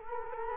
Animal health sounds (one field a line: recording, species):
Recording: mosquito wingbeat signal from an infrared sensor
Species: Culex quinquefasciatus